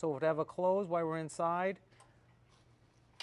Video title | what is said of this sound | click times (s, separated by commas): DSeries Skid Steer Maintenance Overview 2024 02 22 17 28 21 1 839 | lock into place, our door is secured open. | 3.2 s